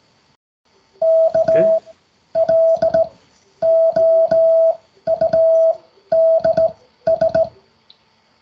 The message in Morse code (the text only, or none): K LOUDS